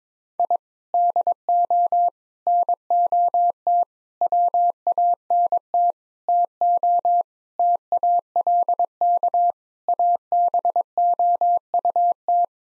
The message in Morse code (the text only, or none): I DO NOT WANT TO TALK ABOUT